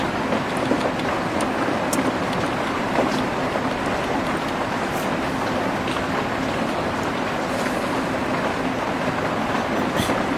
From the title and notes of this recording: The only 24-hour coffee shop on the island. The hypnotic ensemble of raindrops and coffee machines.